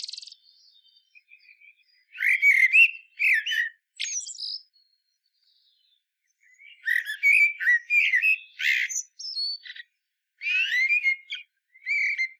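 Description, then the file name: Common blackbird singing mellow whistled phrases that break into thin, scratchy high notes, in bursts with quiet gaps between. "Turdus merula"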